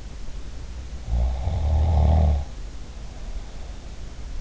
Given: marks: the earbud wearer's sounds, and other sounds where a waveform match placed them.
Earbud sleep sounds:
sounds in sleep by an in-ear microphone; snoring breath
1.08-3.77 s: snoring breath

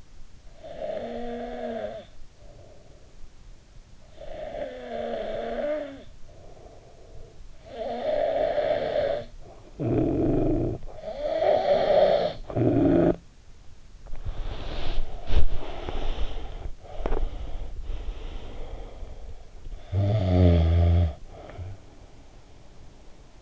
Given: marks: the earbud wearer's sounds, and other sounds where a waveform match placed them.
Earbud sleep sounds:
sounds in sleep by an in-ear microphone; snoring breath, body movement, breath, teeth grinding
0.30-3.45 s: snoring breath
3.79-13.37 s: snoring breath
13.86-16.74 s: body movement
16.72-19.54 s: breath
16.86-17.41 s: teeth grinding
19.54-23.32 s: snoring breath

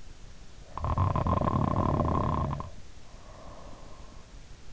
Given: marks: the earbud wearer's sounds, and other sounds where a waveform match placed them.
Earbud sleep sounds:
sounds in sleep by an in-ear microphone; snoring breath
0.32-4.02 s: snoring breath

